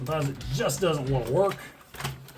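A plastic section of a 1986 Transformers G1 Trypticon toy figure with a Toyhax upgrade decal set is worked into position in the figure's body during transformation, after some earlier trouble getting it to fit. Someone talks while handling the piece, and a few faint handling sounds follow. Nothing has seated or clicked yet by the end of the clip.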